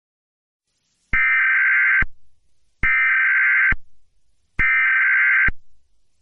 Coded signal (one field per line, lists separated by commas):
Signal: Emergency Alert System (SAME) tones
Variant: header bursts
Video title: EAS Scenario #2 Evil RammuelRajotal Attack